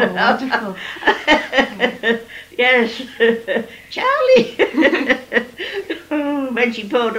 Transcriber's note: laughs